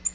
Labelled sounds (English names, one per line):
Tennessee Warbler flight call